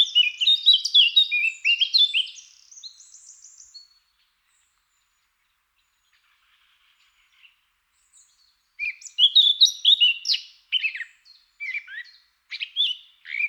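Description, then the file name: Eurasian blackcap song: a fast scratchy warble trailing into soft notes, a long silence, then another vigorous burst of varied, twittering phrases. "Sylvia atricapilla"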